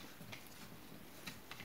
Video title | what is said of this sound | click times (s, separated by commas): PROLUNGA PER FRIGGITRICE AD ARIA | prima di chiudere sempre bene Senti come scattato ha scattato bene | 1.3 s, 1.5 s